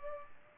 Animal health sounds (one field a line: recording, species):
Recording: mosquito wingbeat signal from an infrared sensor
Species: Culex pipiens